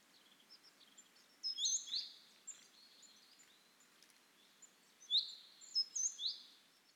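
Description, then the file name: Great tit: two bursts of high chirping notes against a steady background hiss. "Parus major"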